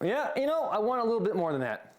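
A ratchet buckle on a duty belt is handled as the belt is adjusted a little tighter along its internal track, while a man talks throughout. Nothing has clicked or seated yet by the end of the clip.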